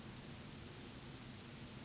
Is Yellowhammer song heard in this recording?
no